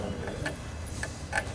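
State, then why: Seated. A plastic test key is pushed into the slot at the bottom of a fire alarm break-glass call point to trigger a weekly test, which then sets off the alarm. Short, sharp clicks are heard at 0.5, 1.0 and 1.4 seconds over a low background hum. The key clicks into place and is seated.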